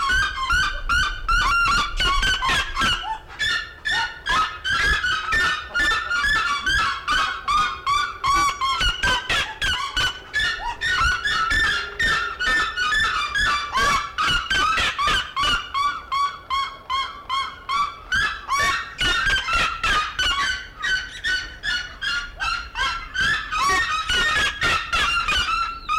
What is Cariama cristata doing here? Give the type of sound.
call